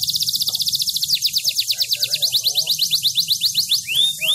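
Bird song made of rapid, evenly repeated high descending notes forming a rolling trill, ending with a few longer sweeping whistles.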